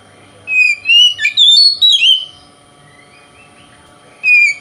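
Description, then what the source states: Oriental magpie-robin singing a short run of rising whistles and harsher slurred notes, then a pause and one more whistled note. Bird called kacer, shown singing vigorously in a way said to provoke other kacer birds.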